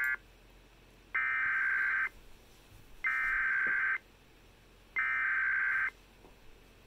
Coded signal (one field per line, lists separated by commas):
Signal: Emergency Alert System (SAME) tones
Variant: header bursts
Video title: EAS 3400 MD AMBER ALERT